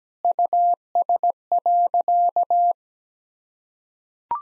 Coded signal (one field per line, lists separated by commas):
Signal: Morse code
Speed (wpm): 17 wpm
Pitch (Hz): 700 Hz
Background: none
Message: US.